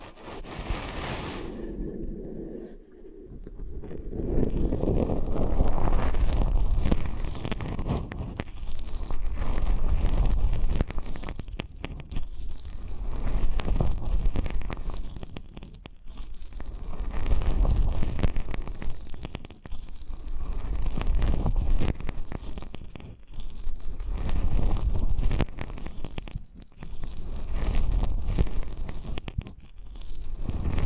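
An ASMR eardrum massage made of muffled, rumbling rubbing against the microphone, thick in the low end with crackly friction on top. It swells and eases in waves, nearly stopping just before the fourth second and dipping briefly several more times. A faint steady tone hums beneath.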